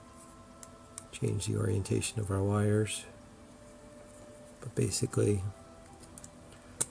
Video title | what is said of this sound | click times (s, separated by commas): Building CG Slotcars chassis Medium | this pops right in like that. | 6.8 s